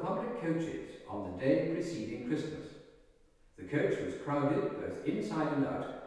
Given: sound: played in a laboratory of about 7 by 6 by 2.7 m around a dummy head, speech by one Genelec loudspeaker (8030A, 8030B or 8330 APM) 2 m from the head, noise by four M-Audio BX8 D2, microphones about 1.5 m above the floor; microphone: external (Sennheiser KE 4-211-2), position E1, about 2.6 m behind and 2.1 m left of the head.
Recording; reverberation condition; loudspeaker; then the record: male speech in English; high; 60 degrees to the right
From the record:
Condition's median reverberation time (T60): about 1300 ms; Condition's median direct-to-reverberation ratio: about -4.0 dB